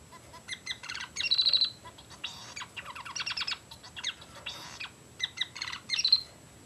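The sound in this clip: Society finch chattering: buzzy, nasal notes in quick bursts and rattling runs, with short high chirps between them, continuing throughout.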